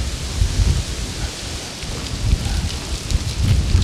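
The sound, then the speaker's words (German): Steady, hissing rain fills the whole stretch while deep, rolling thunder rumbles swell up several times underneath, low and muffled. No voices are heard. “Jetzt kommt Sturm auf.”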